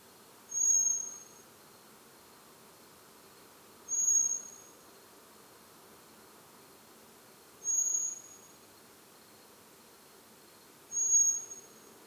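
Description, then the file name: Common blackbird repeating a high, thin, level whistle four times, about every three and a half seconds, over a quiet hissing background. "Turdus merula"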